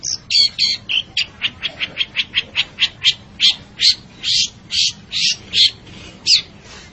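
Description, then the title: Long-tailed shrike song of rapid, rasping notes that start quick and short, then slow into longer, louder harsh bursts. Bird described as gacor, singing actively and frequently. "Cendet Gacor"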